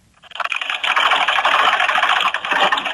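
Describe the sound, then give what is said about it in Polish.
A pre-war Singer sewing machine running steadily at a sale held by the Poor Clare sisters in Kęty near Oświęcim, Poland: a loud, continuous mechanical whir with a fast rattling clatter, starting after a brief quiet moment and going on without any voices. “Słychać? Maszyna do szycia? Tak, Singer przedwojenny.”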